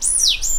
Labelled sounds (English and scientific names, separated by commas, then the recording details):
Stitchbird (Notiomystis cincta) song
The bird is a male
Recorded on Tiritiri Matangi Island, New Zealand, in 2005
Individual 2, of nest box 2